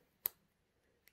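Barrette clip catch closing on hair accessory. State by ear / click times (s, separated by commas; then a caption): seated / 0.3 s. A four-centimetre metal barrette hair clip on the back of a woven silver hair accessory is pressed closed and snaps shut with a sharp, bright click at 0.3 s, followed by a much fainter tick at about 1.1 s. The catch is seated and the clip is secure.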